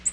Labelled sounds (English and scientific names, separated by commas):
Nashville Warbler (Leiothlypis ruficapilla) flight call